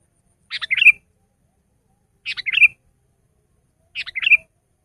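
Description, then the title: Sooty-headed bulbul song: three short bubbly phrases, each a quick cluster of chirped notes, repeated nearly every two seconds. "kutilang"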